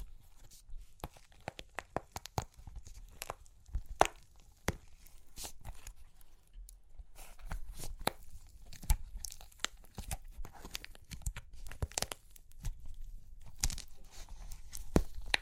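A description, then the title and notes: Dry clay cracks and crunches in a rapid, irregular stream of sharp snaps, some isolated and some bunched into crackling bursts. The snaps are bright and crisp over a soft low rumble, growing busier and denser after about seven seconds. Super Crunchy Clay Cracking (No Talking).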